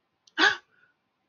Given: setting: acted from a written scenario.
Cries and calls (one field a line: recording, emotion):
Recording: vocal sound without words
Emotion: negative surprise